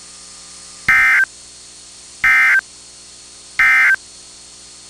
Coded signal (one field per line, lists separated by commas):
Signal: Emergency Alert System (SAME) tones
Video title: Severe Thunderstorm Warning (12/28/25) [EAS #349]